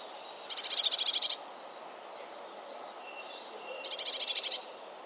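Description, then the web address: Bird calls: two high, dry trills of rapid pulses, a few seconds apart, over a steady faint hiss. "Deverinetal 2025. Bird Only"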